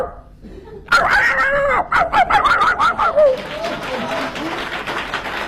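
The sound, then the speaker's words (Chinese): A man imitates a city dog barking with his voice: a quick run of short, high, yappy barks for about two seconds, then a softer stretch of murmuring noise. “咱城里狗怎么叫啊？”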